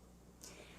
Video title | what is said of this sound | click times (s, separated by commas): Ninja Pulse Blender: Assembly | until you hear it lock into place. | 0.4 s